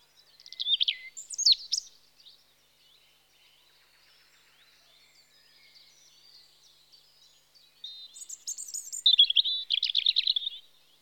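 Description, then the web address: European robin song, two bursts of high tinkling, warbling notes separated by a long quiet pause. Recorded in spring. "BBC Sound Effects Library. Robin (Erithacus Rubecula) Spring"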